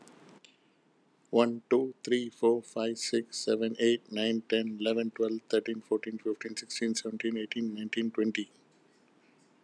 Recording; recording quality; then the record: counting at a fast pace; excellent, no background noise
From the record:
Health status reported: healthy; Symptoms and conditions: diabetes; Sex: male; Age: 49 years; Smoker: not ticked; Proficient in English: yes